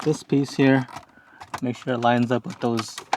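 Someone talks while a plastic dash trim piece in a GX460 is lined up with its mounting hooks, with only faint handling sounds under the voice. Nothing has seated or clicked yet.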